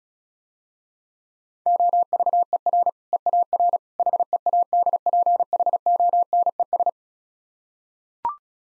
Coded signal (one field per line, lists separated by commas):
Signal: Morse code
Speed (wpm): 36 wpm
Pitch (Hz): 700 Hz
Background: none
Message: OVER EAR HEADPHONES